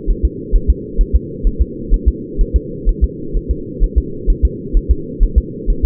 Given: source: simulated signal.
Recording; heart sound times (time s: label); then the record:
fetal heart sounds
0.10 s: S1
0.25 s: S2
0.55 s: S1
0.70 s: S2
1.01 s: S1
1.15 s: S2
1.47 s: S1
1.61 s: S2
1.94 s: S1
2.08 s: S2
2.41 s: S1
2.56 s: S2
2.89 s: S1
3.04 s: S2
3.37 s: S1
3.51 s: S2
3.84 s: S1
3.98 s: S2
4.30 s: S1
4.45 s: S2
4.77 s: S1
4.91 s: S2
5.23 s: S1
5.38 s: S2
5.70 s: S1
5.85 s: S2
From the record:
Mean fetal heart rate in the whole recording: 130 bpm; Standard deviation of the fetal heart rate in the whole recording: 4 bpm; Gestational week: 38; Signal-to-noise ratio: -4.3 dB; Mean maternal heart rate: 72 bpm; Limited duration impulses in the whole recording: absent